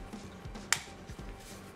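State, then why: Seated. The solder collection (filter) chamber of a Hakko FR-301 desoldering gun is slid back into the gun body and the release button is pressed. A single sharp click is heard at 0.7 s over a quiet background. The chamber is seated and locked in.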